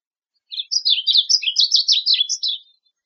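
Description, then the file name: Varied bunting song: a rapid, warbled phrase of sweet slurred notes around two seconds long, jumbled and continuous, with no other sounds. Recorded in Arizona on 6 August 2007. "VABU 8 Deviche"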